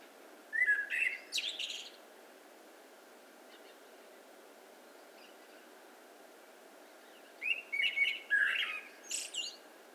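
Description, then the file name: Eurasian blackbird song: two phrases, each a low fluting whistle near the start then a squeaky high twitter, separated by about six seconds of steady background hiss. "Turdus merula"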